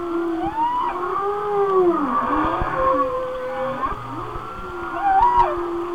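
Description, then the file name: Whale song of overlapping tonal moans and gliding whistles, rising and falling, with a low moan dipping near two seconds and a brief upswept cry near five seconds. "Whale Songs- Mike Mc Donald"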